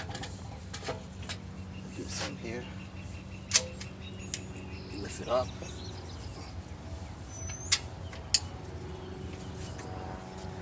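Someone talks while lifting the folding leg of a portable clamping workstation, getting ready to swing it down into the workstation's frame, with a few brief sharp taps and knocks over a steady low background hum. Nothing has seated or clicked into place yet.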